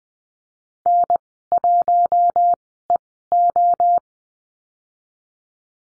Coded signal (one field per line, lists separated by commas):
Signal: Morse code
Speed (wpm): 20 wpm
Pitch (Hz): 700 Hz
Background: none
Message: N1EO